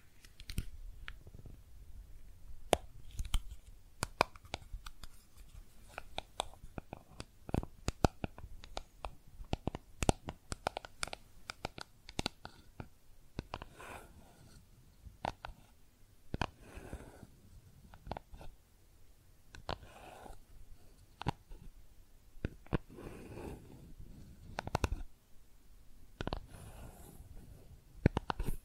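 Makeup being tapped and scratched, with sharp clicks and taps scattered irregularly throughout, sometimes in quick clusters. Softer scratchy rustling fills the gaps, and a few louder knocks stand out around 16, 23 and 25 seconds, over a faint low rumble.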